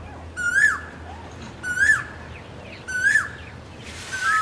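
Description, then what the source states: Asian koel: three loud rising whistled calls at even intervals, a fourth beginning at the end. Calling to attract a mate.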